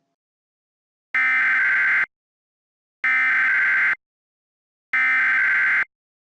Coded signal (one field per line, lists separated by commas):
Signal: Emergency Alert System (SAME) tones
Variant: header bursts